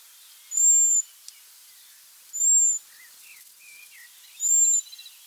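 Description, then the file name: European robin repeating a high, sharp, even-pitched whistle three times, roughly two seconds apart, over faint background chirps. "Erithacus rubecula"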